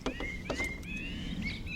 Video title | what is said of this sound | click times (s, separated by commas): Professional photographer measured! Birds really like this bird feeder.🐦 #peckperk | So, the stand simply just slides into the bottom of the main feeder and clicks into place. | 0.1 s